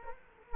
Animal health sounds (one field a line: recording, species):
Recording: mosquito wingbeat signal from an infrared sensor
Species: Culex quinquefasciatus